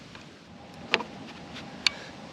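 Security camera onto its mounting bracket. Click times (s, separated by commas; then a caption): 0.9 s, 1.9 s. A security camera is pushed onto its mounting bracket until it clicks into place, with two sharp, loud clicks at 0.9 s and 1.9 s over a low steady background. The camera is seated, locked in and secured on the bracket.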